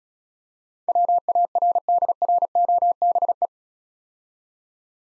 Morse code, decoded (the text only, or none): WARDROBE